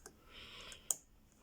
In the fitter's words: lock the shackle in place and I'll change the wheels so to scramble up a combination